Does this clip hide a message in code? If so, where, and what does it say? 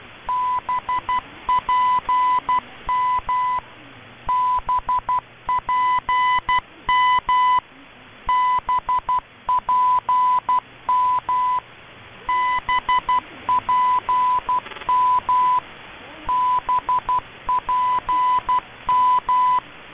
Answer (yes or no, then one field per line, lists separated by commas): yes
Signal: Morse code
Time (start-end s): 0.3-19.6 s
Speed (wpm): 12 wpm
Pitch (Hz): 1000 Hz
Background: none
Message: BPM BPM BPM BPM BPM